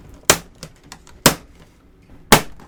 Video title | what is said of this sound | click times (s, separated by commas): GI Joe HasLab Rattler Unboxing- Pegwarmers | There we go. Yeah, hear it snap, that's for sure. | 0.3 s, 1.3 s, 2.3 s